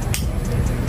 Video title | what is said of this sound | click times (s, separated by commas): Gear Oil drain Bolt torque value and the procedure how to DIY #trending #viralshorts #fyp | nag-click na kung maririnig niyo m | 0.1 s